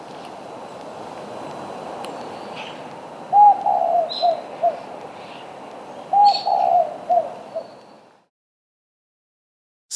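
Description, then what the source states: Spotted Dove cooing twice, each phrase a short run of low hollow notes, with scattered high bird chirps behind before the sound cuts to silence. Recorded on Maui, Hawaii, in August 2026.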